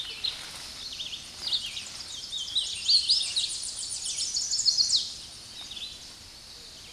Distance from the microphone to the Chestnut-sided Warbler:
about 15 m